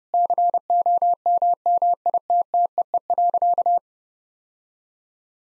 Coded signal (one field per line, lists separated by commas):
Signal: Morse code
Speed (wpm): 30 wpm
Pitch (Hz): 700 Hz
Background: none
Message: COMMITTEE.